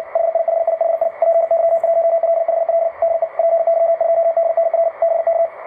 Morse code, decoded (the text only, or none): HIHIHI PY1LHL DE PY2DNR BK